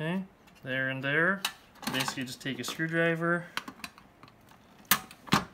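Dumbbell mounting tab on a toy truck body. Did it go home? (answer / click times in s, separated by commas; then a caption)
yes / 4.9 s. Someone talks, then a screwdriver pries a pressed-steel dumbbell mounting tab over where it sticks down through the bottom of the box on a Tonka wrecker / State Hwy toy truck body, with a few small clicks before a sharp metallic snap at 4.9 s. The tab is bent over and locked into place.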